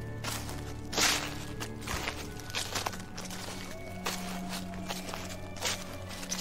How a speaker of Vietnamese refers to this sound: Tiếng bước chân lại tiếp tục vang lên xào xạc khô khốc.